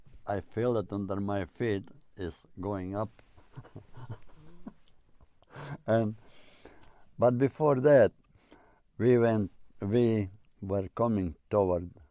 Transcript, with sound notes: I feel it under my feet is going up, (laughing) and, but before that we went, we were coming toward